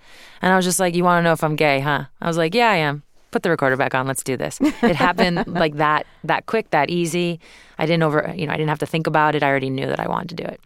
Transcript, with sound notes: And I was just like, you want to know if I'm gay, huh? I was like, yeah, I am. Put the recorder back on. Let's do this.
(Laughter).
It happened, like, that quick, that easy. I didn't - you know, I didn't have to think about it. I already knew that I wanted to do it.